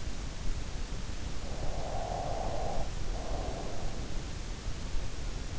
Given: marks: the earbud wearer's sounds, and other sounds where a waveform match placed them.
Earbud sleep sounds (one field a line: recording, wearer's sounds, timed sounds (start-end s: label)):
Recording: sounds in sleep by an in-ear microphone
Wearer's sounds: snoring breath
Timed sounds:
1.54-4.69 s: snoring breath